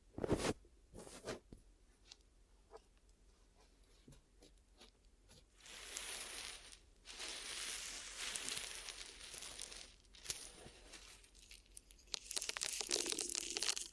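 Ear massage and cleaning with glue, heard as sticky, crinkly rubbing and peeling sounds. Sharp pulls and taps come in the first five seconds, then longer bright, crackling rubs fill most of the rest, with brief pauses in between.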